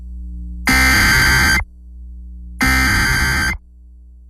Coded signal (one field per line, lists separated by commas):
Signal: Emergency Alert System (SAME) tones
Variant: header bursts